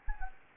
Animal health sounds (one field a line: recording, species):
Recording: mosquito wingbeat signal from an infrared sensor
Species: Anopheles gambiae